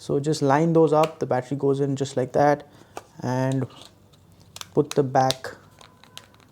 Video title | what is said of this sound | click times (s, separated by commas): Samsung Guru FM Plus - How to Setup | cover back on. It just snaps into place, and once that is done, go ahead, | 5.8 s, 6.0 s, 6.2 s